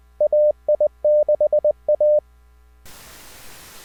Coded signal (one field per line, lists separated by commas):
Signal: Morse code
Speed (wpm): 20 wpm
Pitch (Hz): 600 Hz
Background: radio noise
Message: AI6A